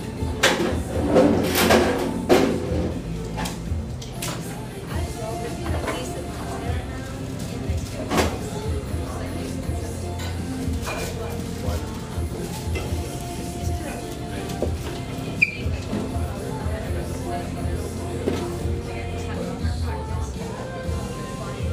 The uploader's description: Tucked near the lush, wooded Laurelhurst Park in east Portland, this café sports vibrant music and an erudite, professional clientele.